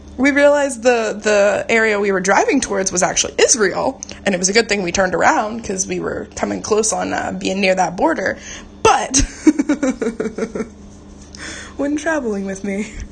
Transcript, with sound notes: We realized the actual area we were driving towards was Israel, and it was a good thing we turned around because we were coming close to being near that border, BUT (insert nervous laughter) when traveling with me…